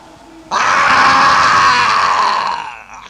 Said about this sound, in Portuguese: E enquanto ele desviava o seu olhar, eu, com toda a energia que possuía, gritei-lhe, gesticulando com os braços e pulando.